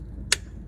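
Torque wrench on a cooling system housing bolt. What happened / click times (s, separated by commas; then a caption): Torque wrench clicks at its setting / 0.3 s. A torque wrench set to 17 with an extension tightens the bottom bolt on the cooling system housing of a 2002 Mitsubishi Galant during a coolant system replacement. A single sharp, bright click is heard at 0.3 s against a low background hum. The wrench clicks at its setting, confirming the bolt reached torque.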